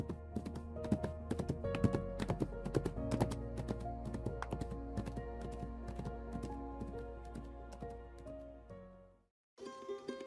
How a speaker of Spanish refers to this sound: Hizo girar su caballo y, abrigando nuevas esperanzas en su corazón, se alejó al galopante.